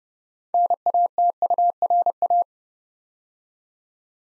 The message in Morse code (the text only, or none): NATURA